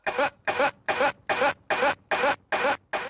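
Eight short, harsh, noisy bursts repeat at a steady pace of about 146 per minute. They sound nearly identical, like one cough looped or echoed. It is a single forceful cough, repeated.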